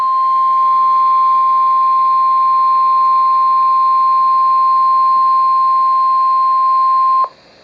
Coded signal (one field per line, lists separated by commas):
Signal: Emergency Alert System (SAME) tones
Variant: 1050 Hz attention tone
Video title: Severe Thunderstorm Warning (EAS #536)